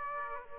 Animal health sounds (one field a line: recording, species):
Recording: mosquito wingbeat signal from an infrared sensor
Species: Aedes aegypti